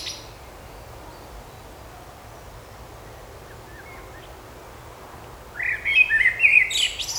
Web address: مجموعه افکت صدا حیوانات SES Animals Singing Birds in Park